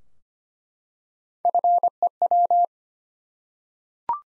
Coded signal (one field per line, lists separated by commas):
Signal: Morse code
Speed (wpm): 25 wpm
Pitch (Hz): 700 Hz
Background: none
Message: FEW